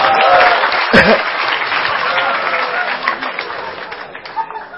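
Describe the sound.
A crowd breaks into steady applause, a dense wash of many hands clapping that holds fairly loud throughout, with a brief murmur of voices mixed in.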